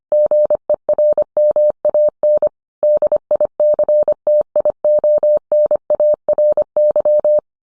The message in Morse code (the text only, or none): GERMAN DICTIONARY